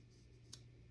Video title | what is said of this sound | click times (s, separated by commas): How To Replace Wiper Blade Rubber Refill (Bosch Icon) | sits kind of high, and when you slide that groove over to the line, you'll feel it lock into place | 0.5 s